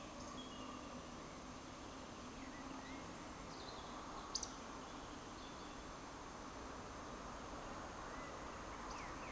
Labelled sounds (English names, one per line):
Eurasian Woodcock whistle